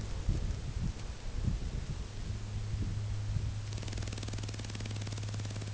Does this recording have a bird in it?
no